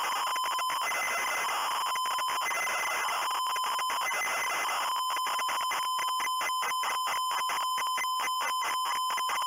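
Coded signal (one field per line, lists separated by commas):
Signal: ZX Spectrum tape loading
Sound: steady high buzzy tone broken by rapid harsh bursts of noisy data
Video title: Me loaded on the ZX Spectrum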